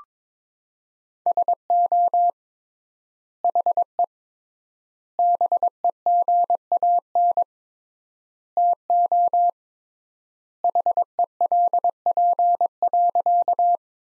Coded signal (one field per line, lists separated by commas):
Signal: Morse code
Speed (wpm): 22 wpm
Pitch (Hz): 700 Hz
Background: none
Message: SO HE BEGAN TO HELP.